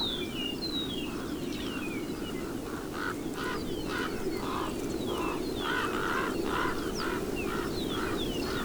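Raven calls: coarse, throaty croaks repeated unevenly a couple of times per second, with high thin descending notes and a constant low background rumble.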